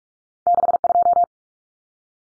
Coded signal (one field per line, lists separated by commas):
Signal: Morse code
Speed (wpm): 44 wpm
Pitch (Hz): 700 Hz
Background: none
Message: 62